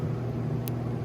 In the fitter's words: that clicks right in.